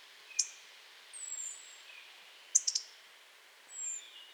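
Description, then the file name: European robin calls: sharp tick notes, single and in a short burst, with faint high thin whistles between them. "Erithacus rubecula"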